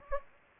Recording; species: mosquito wingbeat signal from an infrared sensor; Anopheles gambiae